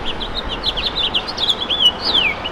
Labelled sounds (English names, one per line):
House Finch song